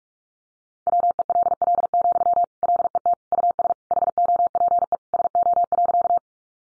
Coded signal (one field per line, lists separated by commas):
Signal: Morse code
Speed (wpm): 44 wpm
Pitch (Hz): 700 Hz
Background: none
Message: WELL, LET US HOPE SO.